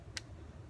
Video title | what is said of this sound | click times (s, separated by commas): changing spark plugs in a mercury 60 hp outboard | that little click that make sure that the wire is on tight and it's gripping the top of your plug | 0.2 s